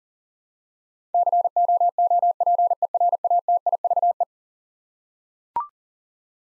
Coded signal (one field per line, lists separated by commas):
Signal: Morse code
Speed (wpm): 37 wpm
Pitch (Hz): 700 Hz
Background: none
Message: COOPERATIVE